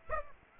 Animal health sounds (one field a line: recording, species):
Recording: mosquito wingbeat signal from an infrared sensor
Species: Aedes aegypti